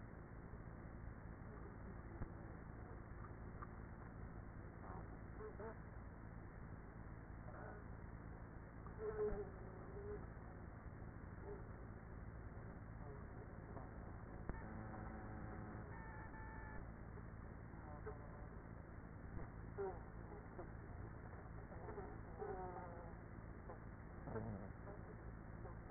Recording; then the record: honeybee colony, microphone inside the hive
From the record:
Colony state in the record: queenless with a low population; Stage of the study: after two queens were removed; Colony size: about 30,000 bees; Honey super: no